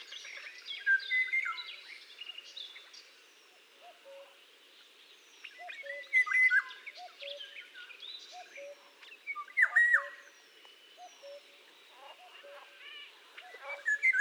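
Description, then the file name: Eurasian golden oriole song, loud fluty whistles amid a busy chorus of other birds, with a low short note repeating underneath. "NELSON LORIOT"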